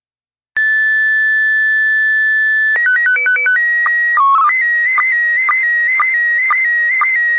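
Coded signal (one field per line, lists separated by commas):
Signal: SSTV (slow-scan television)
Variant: PD 120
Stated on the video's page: Live stream of 145.390 and 146.700 repeaters.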